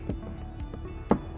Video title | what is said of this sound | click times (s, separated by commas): 2020 Toyota Rav4 Trailer Wiring Harness Installation | just till it clicks. | 1.1 s